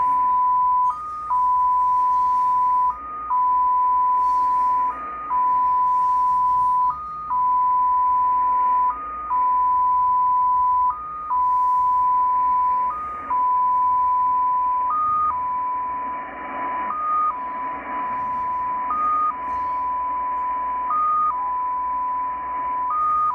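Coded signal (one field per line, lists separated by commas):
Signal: numbers station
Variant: XPA2 polytone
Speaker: we will be at xpa2 a Russian number station polytown number station that is going to start up so let's uh check out the signal here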